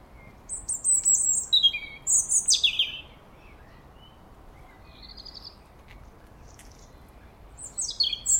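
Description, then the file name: European robin singing a varied phrase of high thin whistles sliding downward and tinkling twitters, a few seconds of quiet, then another high phrase begins. "Erithacus rubecula"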